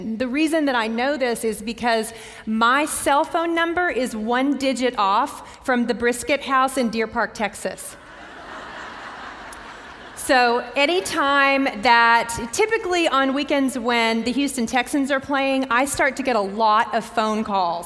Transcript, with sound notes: The reason that I know this is because my cell phone number is one digit off from the Brisket House in Deer Park, Texas. [laughter] So typically on weekends when the Houston Texans are playing, I start to get a lot of phone calls.